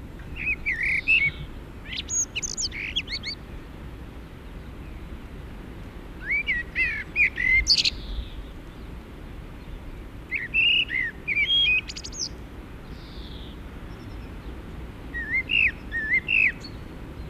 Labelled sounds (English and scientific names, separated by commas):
Common Blackbird (Turdus merula) song